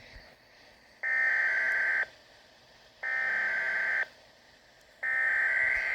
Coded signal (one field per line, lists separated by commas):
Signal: Emergency Alert System (SAME) tones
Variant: header bursts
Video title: XLF322 Severe Thunderstorm Warning 2021-08-24 (EAS #55)